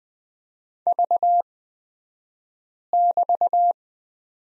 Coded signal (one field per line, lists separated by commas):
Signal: Morse code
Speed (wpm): 20 wpm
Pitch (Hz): 700 Hz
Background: none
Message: V<BT>